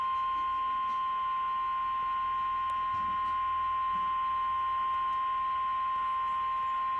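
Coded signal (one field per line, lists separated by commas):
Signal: Emergency Alert System (SAME) tones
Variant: 1050 Hz attention tone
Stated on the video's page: Real EAS severe thunderstorm warning received on a digital TV station.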